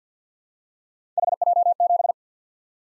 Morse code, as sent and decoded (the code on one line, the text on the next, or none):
.... .--- --...
HJ7